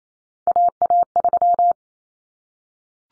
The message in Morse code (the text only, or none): AA3